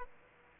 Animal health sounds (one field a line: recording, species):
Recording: mosquito wingbeat signal from an infrared sensor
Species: Aedes aegypti